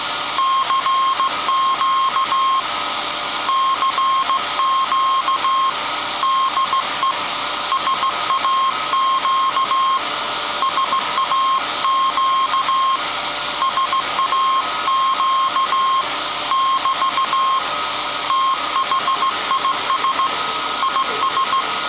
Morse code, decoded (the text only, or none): CQ CQ DE SAQ SAQ SAQ <BT> THIS IS